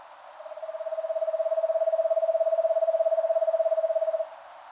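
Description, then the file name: Eastern screech owl delivering a long, steady monotone trill of fast pulses lasting about four seconds, fairly level in pitch throughout. "Eastern Screech Owl Megascops asio"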